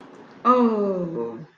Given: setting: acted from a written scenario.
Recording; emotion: vocal sound without words; sympathy